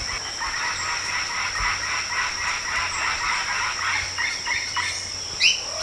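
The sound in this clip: Bird giving rapid, repeated harsh calls over a steady high whine and a background hiss, with a brief rising note near the end.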